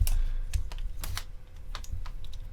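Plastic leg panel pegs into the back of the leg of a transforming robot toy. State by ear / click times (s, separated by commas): not seated / none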